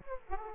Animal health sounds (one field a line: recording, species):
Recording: mosquito wingbeat signal from an infrared sensor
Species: Aedes aegypti